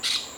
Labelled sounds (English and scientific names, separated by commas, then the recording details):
Brown-throated Parakeet (Eupsittula pertinax) contact call
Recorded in Venezuela
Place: Maracay, UCV-Agronomy campus
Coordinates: 10.278, -67.607